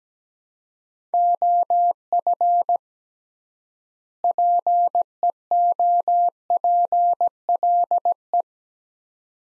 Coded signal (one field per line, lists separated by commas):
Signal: Morse code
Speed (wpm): 17 wpm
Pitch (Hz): 700 Hz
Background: none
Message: OF PEOPLE